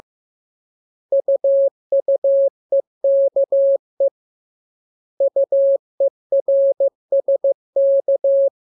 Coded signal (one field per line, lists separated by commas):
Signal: Morse code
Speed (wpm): 15 wpm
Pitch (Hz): 550 Hz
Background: none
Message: UUEKE UERSK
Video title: Learning Morse Code. Lesson 5. Letter KMURES